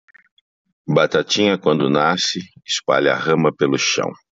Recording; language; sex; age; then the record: short text; Brazilian Portuguese; male; 60 to 69 years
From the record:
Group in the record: control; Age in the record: 67 years